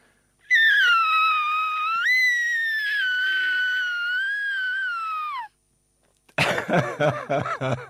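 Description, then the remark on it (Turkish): A voice imitates a whale call: a long, high, wavering wail that slides up and down for about five seconds and then falls away, followed after a short pause by a noisy burst like laughter. “Hani bir balinanın galiba mı? Neydi o? Bir onun sesini çıkartır mısın lütfen?”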